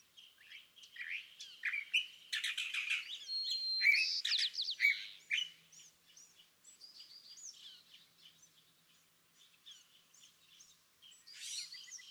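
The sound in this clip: California thrasher song, a long jumbled run of varied phrases mixing harsh buzzy notes, sharp chips and short whistled slurs, loudest in the middle.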